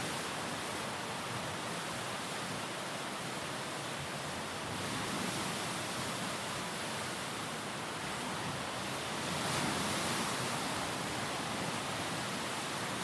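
Waves wash against the rocky shore of Lake Superior in a dense, continuous roar of churning water that fills everything from low rumble to bright hiss. The sound stays steady, swelling slightly around five seconds and again near ten.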